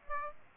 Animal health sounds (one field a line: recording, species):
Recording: mosquito wingbeat signal from an infrared sensor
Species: Aedes aegypti